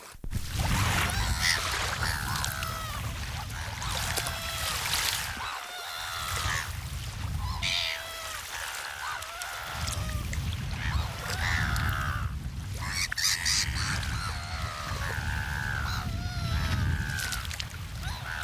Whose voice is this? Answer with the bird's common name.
Black-headed Gull